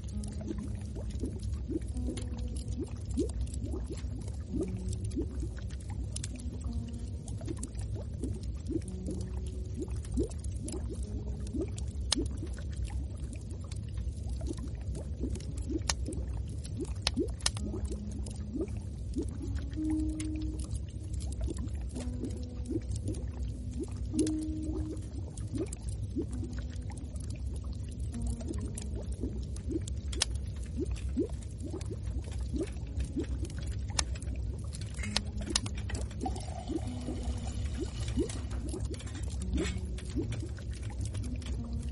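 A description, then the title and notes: Bubbles rise through water in a steady stream, making short low gurgling tones that step up and down in pitch every second or so. A deep constant rumble sits underneath, and faint sharp crackles and ticks, like burning firewood, scatter throughout. Travel through the Middle Ages and let tired hikers rest in the warmth of your inn, with its firewood and the sound of bubbles.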